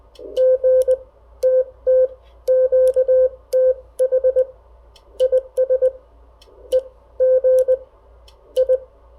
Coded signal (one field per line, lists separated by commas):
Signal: Morse code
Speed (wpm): 19 wpm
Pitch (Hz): 510 Hz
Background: none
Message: GT T QTH IS EG I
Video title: Reviewing a New Ham Radio Accessory For All Hams